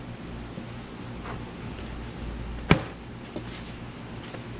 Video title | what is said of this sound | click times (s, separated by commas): Black and Decker BV3600 Unboxing - Blower - Mulcher | Just like that. You see that? Snapped right in. | 2.7 s